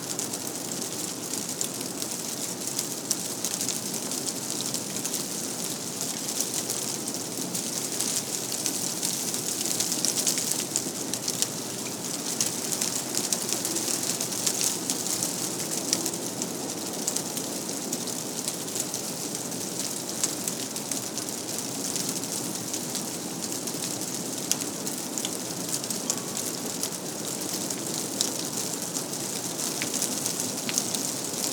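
Icy rain sprinkles and crackles steadily outside, a dense hiss of fine ticks with a bright, sharp edge. A low, rushing wind murmur runs underneath, swelling slightly around ten and again near the end, while the patter stays constant throughout.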